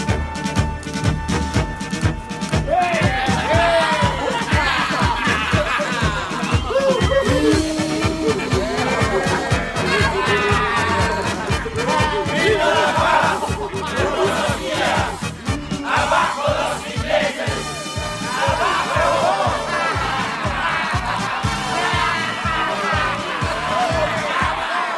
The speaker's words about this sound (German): Klingt nicht wie ein Willkommen. Was bedeutet dieses Geschrei? Das Gekritzel an der Mauer da? Es bedeutet, lang lebe der Frieden für ein paar Tage. Nieder mit den Engländern.